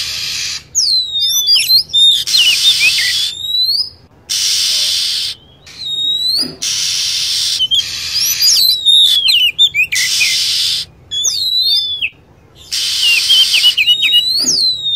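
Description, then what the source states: Lovebird calls: rapid shrill falling and rising squeaks in busy clusters, alternating with loud blocks of steady hiss. Lure sound used to attract lovebirds.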